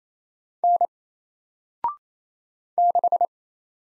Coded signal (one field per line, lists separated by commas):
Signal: Morse code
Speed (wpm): 27 wpm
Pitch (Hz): 700 Hz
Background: none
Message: N 6